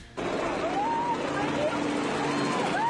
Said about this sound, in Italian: Beh, certo, è un elicottero e lo sentite perché ieri a Nicotera, provincia di Vibo Valentia, centro storico chiuso, meglio trasformato in una specie di pista di decollo e atterraggio per l'elicottero di Antonino Gallone e la sua sposa,